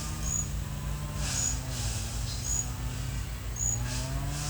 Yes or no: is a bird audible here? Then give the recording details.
no. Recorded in secondary vegetation near Puerto Asís, Putumayo, Colombia, on 22 December 2024 at 09:30. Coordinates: 0.499, -76.323. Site G010